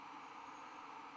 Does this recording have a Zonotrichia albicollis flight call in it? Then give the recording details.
no. No flight call is heard. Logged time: 23:43 on 15 December 2014